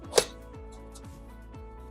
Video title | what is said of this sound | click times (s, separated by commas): How to Retrofit a Keyed Cylinder Dogging Kit into a PE80 Series Exit Device | and then push until you hear a snap. | 0.2 s